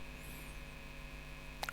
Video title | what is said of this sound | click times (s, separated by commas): วิธีทำข้าวขาหมู ด้วยซอสผัดอเนกประสงค์ | ครับก็คือปิดหมุนระวังจะเข้าล็อคของมันเลยแล้ว | 1.6 s, 1.7 s